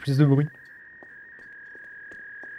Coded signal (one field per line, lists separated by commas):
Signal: fax machine handshake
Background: speech